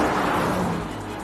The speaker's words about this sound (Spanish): ¡Muévete ya! ¡Ahí viene un auto!